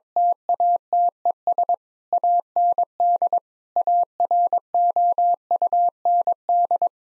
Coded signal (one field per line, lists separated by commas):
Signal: Morse code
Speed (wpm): 22 wpm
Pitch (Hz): 700 Hz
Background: none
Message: TATES AND AROUND